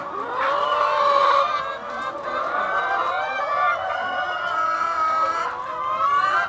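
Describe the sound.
Chicken clucking, a dense chorus of drawn-out, slightly nasal calls and clucks from several birds at once.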